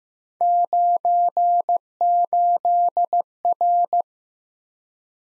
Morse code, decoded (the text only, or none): 98R